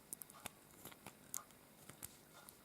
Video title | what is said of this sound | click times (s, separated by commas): Up Close & Personal #02 - Nuvo AquaFlow Pens :D | You take that away, then you screw it back on and you hear a click. | 1.4 s